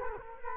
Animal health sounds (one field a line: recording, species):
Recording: mosquito wingbeat signal from an infrared sensor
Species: Culex quinquefasciatus